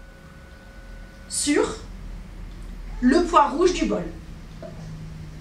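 Someone talks while lining up the white mark on the plastic lid of a JR6000 juicer with the red dots on its bowl and pressing the lid onto the bowl. Nothing has clicked or seated yet; the lid is not yet home when the clip ends.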